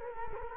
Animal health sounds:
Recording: mosquito wingbeat signal from an infrared sensor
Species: Culex quinquefasciatus

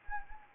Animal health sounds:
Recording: mosquito wingbeat signal from an infrared sensor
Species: Anopheles arabiensis

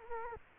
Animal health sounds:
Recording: mosquito wingbeat signal from an infrared sensor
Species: Culex quinquefasciatus

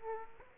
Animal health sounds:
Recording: mosquito wingbeat signal from an infrared sensor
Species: Aedes aegypti

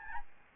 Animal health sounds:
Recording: mosquito wingbeat signal from an infrared sensor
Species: Aedes albopictus

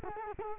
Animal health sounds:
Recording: mosquito wingbeat signal from an infrared sensor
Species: Culex quinquefasciatus

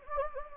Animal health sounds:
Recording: mosquito wingbeat signal from an infrared sensor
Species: Anopheles gambiae

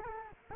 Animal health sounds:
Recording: mosquito wingbeat signal from an infrared sensor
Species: Culex quinquefasciatus

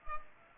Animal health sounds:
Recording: mosquito wingbeat signal from an infrared sensor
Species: Culex pipiens

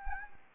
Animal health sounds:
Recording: mosquito wingbeat signal from an infrared sensor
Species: Anopheles gambiae

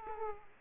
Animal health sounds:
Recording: mosquito wingbeat signal from an infrared sensor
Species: Aedes aegypti

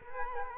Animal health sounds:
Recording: mosquito wingbeat signal from an infrared sensor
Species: Culex quinquefasciatus

